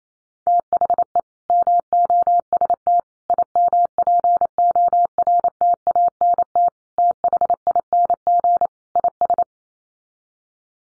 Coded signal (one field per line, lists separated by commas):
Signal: Morse code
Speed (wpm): 28 wpm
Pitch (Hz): 700 Hz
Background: none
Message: THE MOST IMPORTANT THING IS